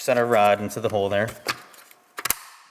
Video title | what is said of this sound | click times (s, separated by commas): How to maintain the iron tank control valve [Pursanova Ltd., Inc.] | And you want to hear that snap. | 2.3 s